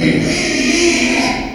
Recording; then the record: squeal of a Yucatan mini pig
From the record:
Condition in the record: after surgery on the right vocal fold (resection and tissue-engineered implant); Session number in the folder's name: 2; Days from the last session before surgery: 13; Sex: male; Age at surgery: 12 weeks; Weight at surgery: 13 kg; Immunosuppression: cyclosporine, prednisolone